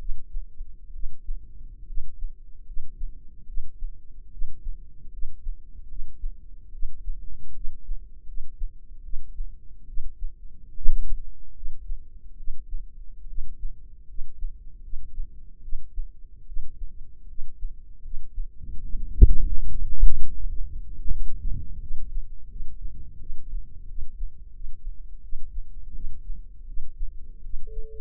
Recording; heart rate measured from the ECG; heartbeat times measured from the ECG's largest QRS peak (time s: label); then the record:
heart sounds by microphone in the left ear; 77 bpm
0.91 s: heartbeat
1.85 s: heartbeat
2.64 s: heartbeat
3.45 s: heartbeat
4.29 s: heartbeat
5.10 s: heartbeat
5.87 s: heartbeat
6.70 s: heartbeat
7.52 s: heartbeat
8.25 s: heartbeat
9.01 s: heartbeat
9.85 s: heartbeat
10.73 s: heartbeat
11.53 s: heartbeat
12.35 s: heartbeat
13.26 s: heartbeat
14.06 s: heartbeat
14.81 s: heartbeat
15.60 s: heartbeat
16.45 s: heartbeat
17.26 s: heartbeat
18.01 s: heartbeat
18.81 s: heartbeat
19.62 s: heartbeat
20.39 s: heartbeat
21.09 s: heartbeat
21.79 s: heartbeat
22.48 s: heartbeat
23.17 s: heartbeat
23.86 s: heartbeat
24.52 s: heartbeat
25.21 s: heartbeat
25.92 s: heartbeat
26.65 s: heartbeat
27.41 s: heartbeat
From the record:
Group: healthy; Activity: rest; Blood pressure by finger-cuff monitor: 109/78 mmHg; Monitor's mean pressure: 87 mmHg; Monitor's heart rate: 76 bpm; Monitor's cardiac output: 5.7 L/min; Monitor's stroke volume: 76 mL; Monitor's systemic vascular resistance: 1060 dyn s/cm5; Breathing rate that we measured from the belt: 18 breaths a minute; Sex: female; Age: 22 years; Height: 157 cm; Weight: 47.6 kg